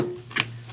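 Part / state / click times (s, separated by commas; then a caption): driver handle into a tool case holder slot / seated / 0.4 s. An anodized 6061 aluminum TEKTON 1/4-inch square driver handle is pressed into the holder slot of a tool case, as an upgrade that gives the case pass-through capability. A soft rustle leads into a sharp, loud, short click at 0.4 s as the handle pops in and sits solidly seated.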